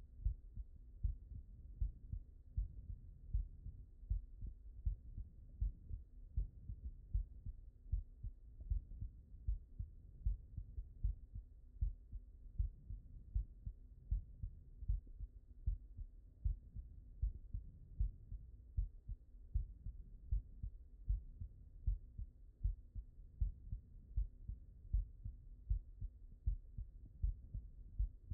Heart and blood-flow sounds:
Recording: heart sounds by stethoscope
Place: mitral valve (MV)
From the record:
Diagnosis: non-HFrEF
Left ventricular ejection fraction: 75%

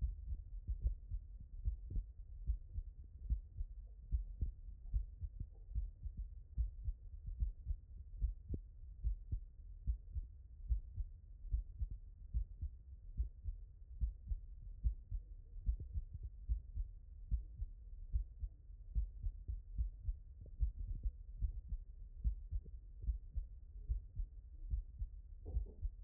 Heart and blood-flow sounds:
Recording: heart sounds by stethoscope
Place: tricuspid valve (TV)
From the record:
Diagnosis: HFrEF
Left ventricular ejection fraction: 30%

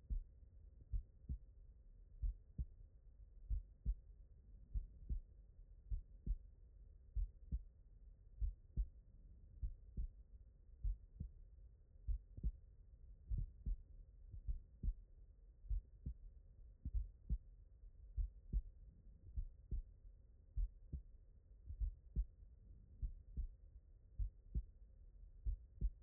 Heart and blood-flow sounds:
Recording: heart sounds by stethoscope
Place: pulmonary valve (PV)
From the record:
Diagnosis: non-HFrEF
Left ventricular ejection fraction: 60%

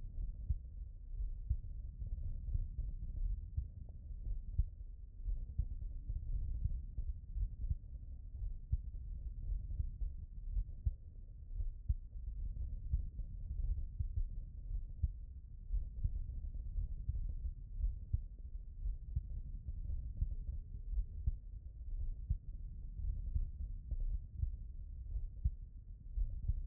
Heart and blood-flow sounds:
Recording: heart sounds by stethoscope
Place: mitral valve (MV)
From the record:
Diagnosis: non-HFrEF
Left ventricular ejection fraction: 58%

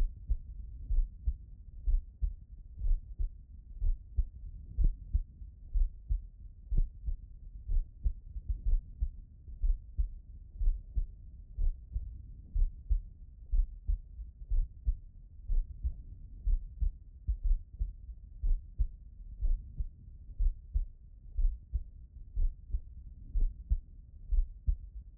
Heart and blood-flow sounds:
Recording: heart sounds by stethoscope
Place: pulmonary valve (PV)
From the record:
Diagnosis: non-HFrEF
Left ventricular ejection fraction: 71%

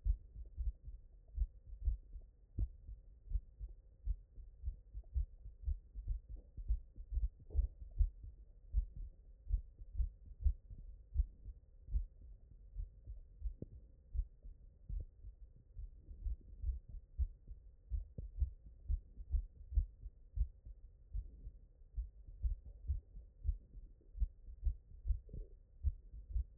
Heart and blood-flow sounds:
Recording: heart sounds by stethoscope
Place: mitral valve (MV)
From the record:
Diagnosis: non-HFrEF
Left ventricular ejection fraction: 49%

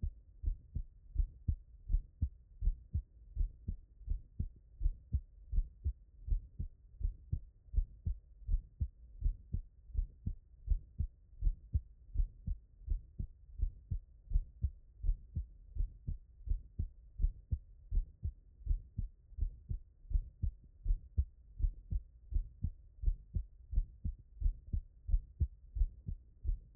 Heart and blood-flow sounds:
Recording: heart sounds by stethoscope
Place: tricuspid valve (TV)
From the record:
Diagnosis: non-HFrEF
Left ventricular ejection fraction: 62%

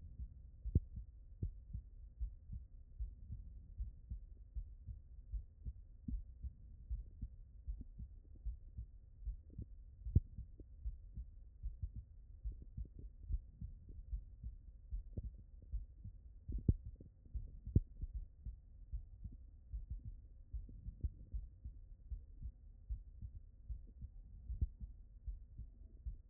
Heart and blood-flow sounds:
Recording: heart sounds by stethoscope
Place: tricuspid valve (TV)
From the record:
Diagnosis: non-HFrEF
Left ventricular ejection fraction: 57%

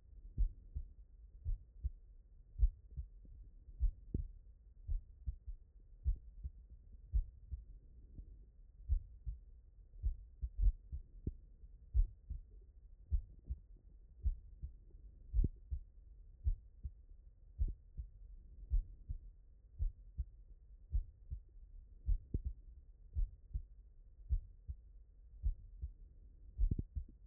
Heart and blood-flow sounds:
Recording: heart sounds by stethoscope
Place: tricuspid valve (TV)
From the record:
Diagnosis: non-HFrEF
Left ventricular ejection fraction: 61%

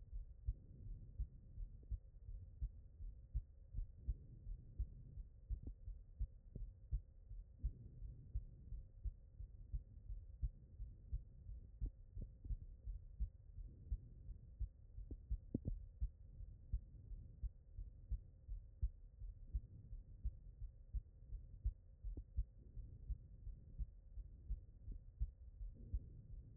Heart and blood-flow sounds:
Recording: heart sounds by stethoscope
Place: aortic valve (AV)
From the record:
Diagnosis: non-HFrEF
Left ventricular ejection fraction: 64%

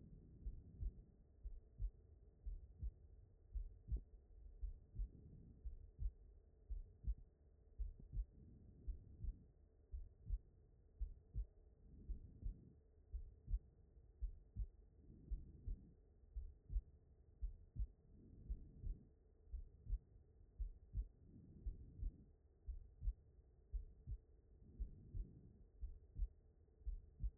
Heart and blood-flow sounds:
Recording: heart sounds by stethoscope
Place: pulmonary valve (PV)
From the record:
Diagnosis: non-HFrEF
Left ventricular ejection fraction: 67%

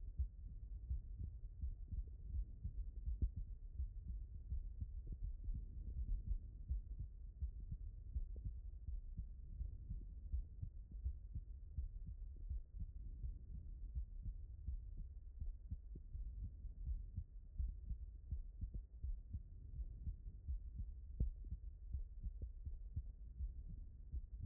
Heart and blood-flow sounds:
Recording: heart sounds by stethoscope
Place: aortic valve (AV)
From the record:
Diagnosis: HFrEF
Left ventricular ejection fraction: 28%

